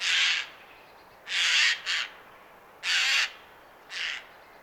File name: Garrulus glandarius